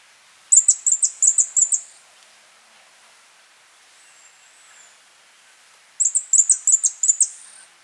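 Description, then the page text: Fire-breasted Flowerpecker song: two bursts of rapid, very high ticking notes, each just over a second long, separated by a pause with a faint thin whistle. "Fire-Breasted Flowerpecker Song. Quick Sounds"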